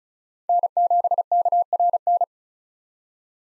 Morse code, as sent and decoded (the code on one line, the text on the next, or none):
-. --... -.- .-. -.
N7KRN